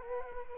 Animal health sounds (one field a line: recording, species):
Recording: mosquito wingbeat signal from an infrared sensor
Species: Culex quinquefasciatus